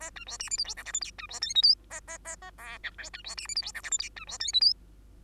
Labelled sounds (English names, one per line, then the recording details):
Bengalese Finch song
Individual Bird2